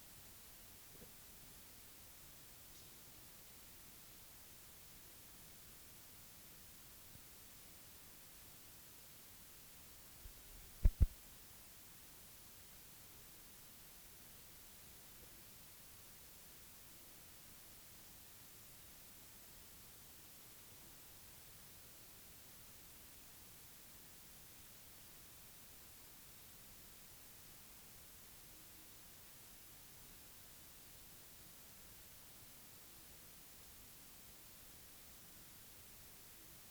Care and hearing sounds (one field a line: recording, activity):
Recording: daily activity, guitar pickup as the sensor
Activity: drink water